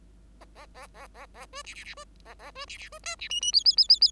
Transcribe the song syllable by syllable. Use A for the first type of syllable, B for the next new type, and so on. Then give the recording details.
A A A A A B C C C B A A B C C B D C E E F F F F F. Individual Bird5